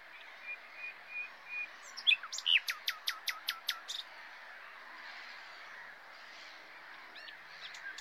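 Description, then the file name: Common nightingale song: a few chirps followed by a series of loud, evenly spaced downward-sweeping notes. "Luscinia megarhynchos"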